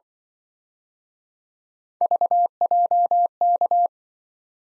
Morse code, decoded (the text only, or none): VJK